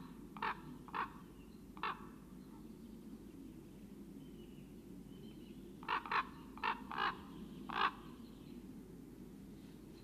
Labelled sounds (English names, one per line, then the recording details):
Common Raven call
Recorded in the wild
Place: Ehrwald, Wettersteingebirge, Tirol, AT
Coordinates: 47.4167, 10.9428
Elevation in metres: 984
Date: 1972-04-04
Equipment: Nagra IV, Sennheiser MKH 405, Parabolreflektor
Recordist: Tretzel, Erwin